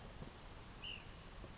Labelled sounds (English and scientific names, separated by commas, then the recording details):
Ash-throated Flycatcher (Myiarchus cinerascens)
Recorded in Sonoma County, California